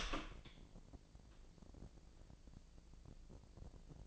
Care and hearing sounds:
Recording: daily activity, microphone in the room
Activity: open door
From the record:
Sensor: 5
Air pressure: 1012.4 hPa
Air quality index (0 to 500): 160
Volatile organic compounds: 2 ppm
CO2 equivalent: 1088 ppm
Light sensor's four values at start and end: 234/570/239/261 and 239/581/243/267

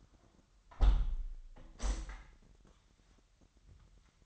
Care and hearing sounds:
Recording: daily activity, microphone in the room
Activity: close window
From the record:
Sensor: 3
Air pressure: 998.0 hPa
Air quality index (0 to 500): 134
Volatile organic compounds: 4 ppm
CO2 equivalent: 1601 ppm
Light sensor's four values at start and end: 14/42/17/15 and 14/42/17/15

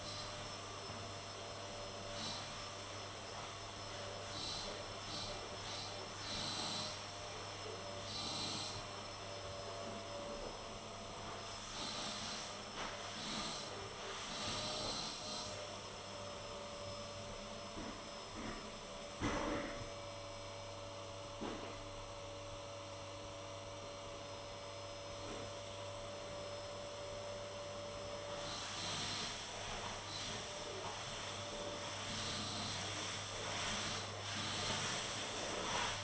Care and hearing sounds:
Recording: daily activity, microphone in the room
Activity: vacuum cleaning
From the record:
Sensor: 4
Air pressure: 1000.9 hPa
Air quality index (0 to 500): 138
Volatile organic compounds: 2 ppm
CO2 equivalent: 1024 ppm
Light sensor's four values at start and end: 29/70/29/31 and 29/69/29/31

